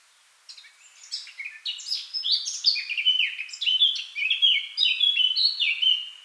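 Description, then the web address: Eurasian blackcap song: a busy, tumbling warble of quick varied notes, building in strength and ending on a clearer fluty phrase. "SETE Sylvia atricapilla"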